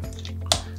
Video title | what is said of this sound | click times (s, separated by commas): Getting Started with the Barktec Ultrasonic Dog Training Anti-Bark Device - eDog Australia | until they click in place they'll actually feel an audible click with these ones here | 0.5 s